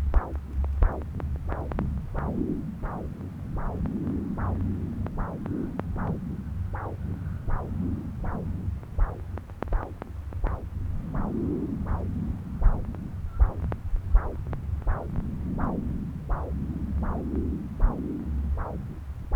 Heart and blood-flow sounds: Doppler ultrasound of blood flow; left subclavian vein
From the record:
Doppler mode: continuous wave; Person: adult scuba diver, at rest before a dive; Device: O'Dive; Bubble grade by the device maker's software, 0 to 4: 0

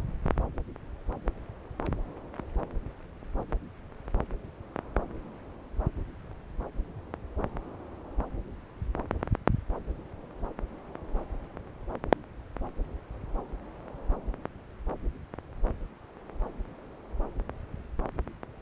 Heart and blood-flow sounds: Doppler ultrasound of blood flow; left subclavian vein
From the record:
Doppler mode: continuous wave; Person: adult scuba diver, at rest before a dive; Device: O'Dive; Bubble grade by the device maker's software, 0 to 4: 0

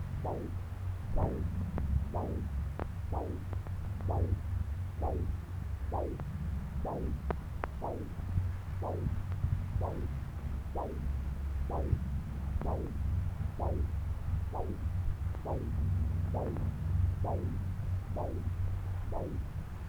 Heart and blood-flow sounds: Doppler ultrasound of blood flow; right subclavian vein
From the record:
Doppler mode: continuous wave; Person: adult scuba diver, at rest before a dive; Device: O'Dive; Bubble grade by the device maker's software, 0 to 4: 0

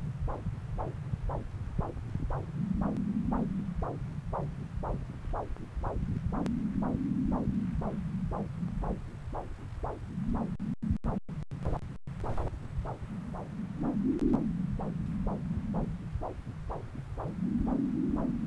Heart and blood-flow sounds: Doppler ultrasound of blood flow; left subclavian vein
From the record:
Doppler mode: continuous wave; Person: adult scuba diver, at rest before a dive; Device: O'Dive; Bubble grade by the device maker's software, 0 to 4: 0

